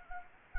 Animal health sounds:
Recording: mosquito wingbeat signal from an infrared sensor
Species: Anopheles gambiae

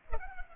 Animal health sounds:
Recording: mosquito wingbeat signal from an infrared sensor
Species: Culex pipiens

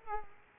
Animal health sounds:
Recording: mosquito wingbeat signal from an infrared sensor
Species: Culex quinquefasciatus

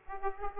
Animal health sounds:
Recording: mosquito wingbeat signal from an infrared sensor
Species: Aedes aegypti

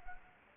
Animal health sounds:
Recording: mosquito wingbeat signal from an infrared sensor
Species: Anopheles gambiae

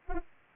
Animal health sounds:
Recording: mosquito wingbeat signal from an infrared sensor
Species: Anopheles arabiensis

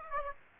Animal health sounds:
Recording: mosquito wingbeat signal from an infrared sensor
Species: Aedes aegypti

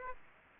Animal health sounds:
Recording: mosquito wingbeat signal from an infrared sensor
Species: Aedes aegypti

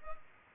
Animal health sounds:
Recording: mosquito wingbeat signal from an infrared sensor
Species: Culex pipiens

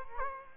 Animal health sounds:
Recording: mosquito wingbeat signal from an infrared sensor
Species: Culex quinquefasciatus

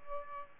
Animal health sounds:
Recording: mosquito wingbeat signal from an infrared sensor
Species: Aedes albopictus

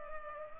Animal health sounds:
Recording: mosquito wingbeat signal from an infrared sensor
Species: Culex pipiens

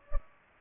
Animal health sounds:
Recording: mosquito wingbeat signal from an infrared sensor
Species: Culex pipiens

